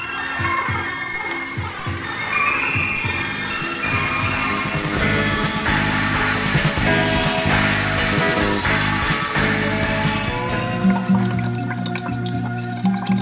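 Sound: rushing water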